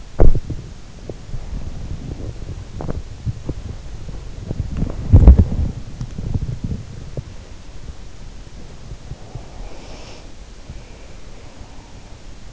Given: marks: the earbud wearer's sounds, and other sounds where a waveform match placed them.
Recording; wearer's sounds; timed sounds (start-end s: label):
sounds in sleep by an in-ear microphone; body movement, breath
0.00-8.51 s: body movement
8.83-12.53 s: breath